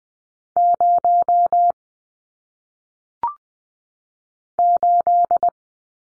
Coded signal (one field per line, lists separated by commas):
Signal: Morse code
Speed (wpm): 20 wpm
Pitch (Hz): 700 Hz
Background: none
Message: 0 8